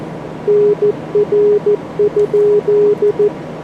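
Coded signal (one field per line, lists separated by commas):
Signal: Morse code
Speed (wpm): 14 wpm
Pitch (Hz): 410 Hz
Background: none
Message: NR?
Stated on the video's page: Simulated contest Morse from the Morse Runner practice program, used for speed practice.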